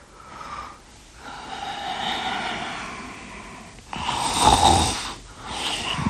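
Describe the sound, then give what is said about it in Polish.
Loud, rasping snoring from a sleeping woman in a few long drawn breaths, the last snore harsher and louder with a snorting edge, and no talking over it. “Wszystko na nic. Śpi jak zabita.”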